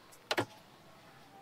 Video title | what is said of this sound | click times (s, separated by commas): 🤔New Updates எப்படி இருக்கு ? - Suzuki Access 125 Tamil Review - Tamil Bike Review | okay lock ஆயிடுச்சு | 0.3 s